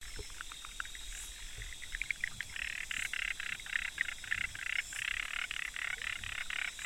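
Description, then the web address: Frogs call in a dense chorus of rapid clicking, rasping pulses that grows busier after the first two seconds, over a steady background hiss. Recorded on 25 October 2014. "frog rec 20141025"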